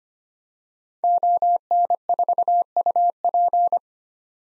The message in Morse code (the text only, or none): ON4UP